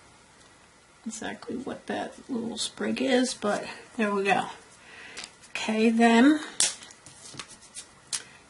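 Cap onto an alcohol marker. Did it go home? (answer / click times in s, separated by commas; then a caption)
yes / 8.1 s. A plastic cap is pushed back onto an alcohol marker after colouring, and it snaps shut with a sharp little click at 8.2 s, seating tightly so the marker won't dry out. Someone talks through the first part of the clip, with a few quieter taps and handling sounds before the click.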